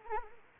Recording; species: mosquito wingbeat signal from an infrared sensor; Anopheles arabiensis